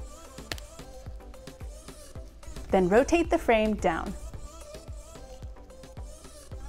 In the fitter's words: Next, push the frame piece in until it clicks.